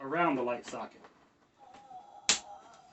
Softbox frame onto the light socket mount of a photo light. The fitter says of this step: snap in place and that opens up the boxy part